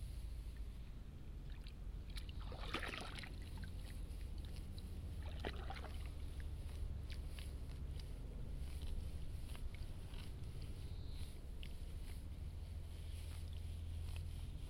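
Rice seedlings are pulled and tied into straw bundles, with rustling bursts around three and five seconds over a steady low rumbling drone.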